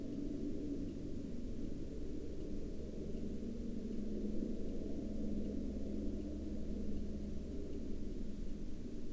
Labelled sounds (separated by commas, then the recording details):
aircraft
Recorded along the Dalton Highway, Alaska, on 6 April 2019 at 09:32
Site 09